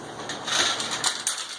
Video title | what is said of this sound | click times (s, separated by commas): Clear slow drains with Milwaukee cordless power tools | it's got another hole here where this button is ball the spring-loaded ball snaps back into place | 1.3 s